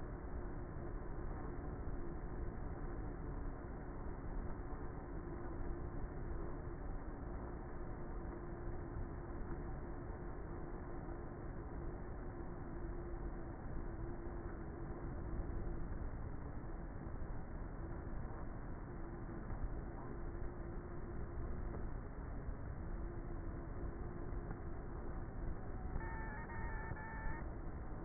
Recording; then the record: honeybee colony, microphone inside the hive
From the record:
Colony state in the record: queenless with a low population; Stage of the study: before two queens were removed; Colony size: about 30,000 bees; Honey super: no